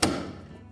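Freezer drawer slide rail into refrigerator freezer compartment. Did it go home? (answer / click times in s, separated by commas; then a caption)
yes / 0.0 s. During reassembly after replacing the defrost thermostat kit (Whirlpool #12001937) on a Whirlpool refrigerator, a freezer drawer slide rail is slid in from the front and pushed all the way back into the freezer compartment. A single sharp thud at 0.0 s rings down over music in the background as the rail locks in place.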